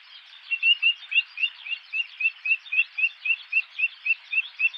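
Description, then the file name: Grey-tailed tattler: brisk, evenly spaced high whistled notes, each sliding upward, repeated about four times per second throughout, with soft chatter of other calls behind. Recorded at Tatsuno on 15 May 2014. "kiashi tatsuno kuroda"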